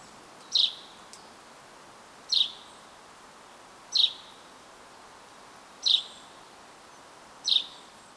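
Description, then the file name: Common chaffinch calling with single abrupt bright notes, five in all, spaced roughly one and a half to two seconds apart over a low hiss. "Fringilla coelebs"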